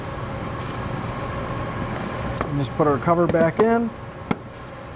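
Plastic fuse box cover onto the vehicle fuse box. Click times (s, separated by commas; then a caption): 4.3 s. Someone talks while the plastic fuse box cover of a 2014 GMC Acadia is put back on after installing fuses and relays for the tow package wiring harness. The cover is pushed until it locks, giving one short, sharp snap at 4.3 s, and it is seated in place.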